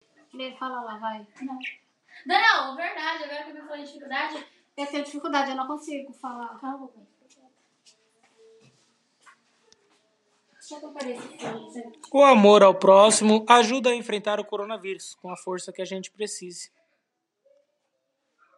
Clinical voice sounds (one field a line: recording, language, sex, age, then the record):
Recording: spoken sentence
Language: Brazilian Portuguese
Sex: female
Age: 40 to 49 years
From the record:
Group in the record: control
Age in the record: 41 years